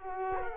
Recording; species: mosquito wingbeat signal from an infrared sensor; Culex quinquefasciatus